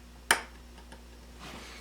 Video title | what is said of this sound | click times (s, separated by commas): iPhone 6 Loud Speaker Replacement How To Change | you'll just hear it snap right on | 0.3 s